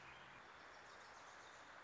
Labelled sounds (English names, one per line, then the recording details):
Wilson's Warbler
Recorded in Sonoma County, California